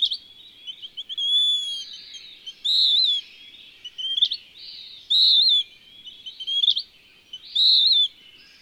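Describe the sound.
Western wood-pewee song: burry, slurred phrases alternating with short notes that end in a sharp upward flick, with gaps between them, in a quiet background.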